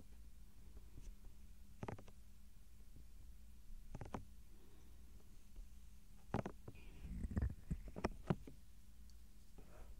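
Soft ear touching and gentle mouth sounds over a steady low hum. Sharp taps and brushing strokes land around two and four seconds, then cluster more densely from six to nine seconds with small wet clicks and crackles.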